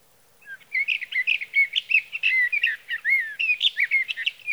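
Sage thrasher song, a lively continuous warble of varied rising and falling whistled notes.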